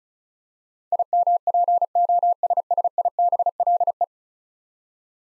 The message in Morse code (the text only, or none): IMPOSSIBLE